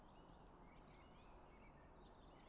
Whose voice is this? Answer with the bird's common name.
Common Blackbird